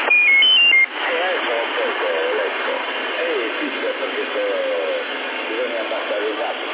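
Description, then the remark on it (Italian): A CB radio transmission in Sassari, Italy, in March 2017 opens with a quick run of stepped electronic beeps, then a man talks through a narrow, hissy channel, his voice smeared by an echo effect. “Ma l'eco già esce bene, esce come il mio, come le cenofre.”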